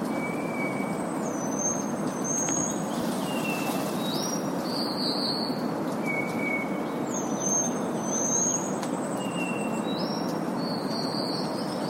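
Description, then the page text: Taiwan whistling thrush giving high, thin whistles and short slurs over constant loud rushing background noise. "Голоса птиц - Тайваньская синяя птица (Myophonus insularis)"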